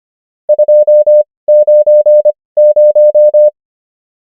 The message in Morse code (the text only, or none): 290